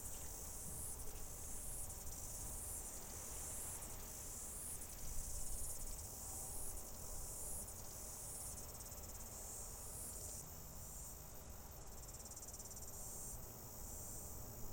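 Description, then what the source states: Cicadas drone in a high, wavering buzz above a persistent low background rumble. Outdoor ambience.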